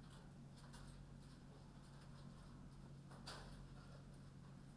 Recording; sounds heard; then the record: poultry house recording; no chicken sound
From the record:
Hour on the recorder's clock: 21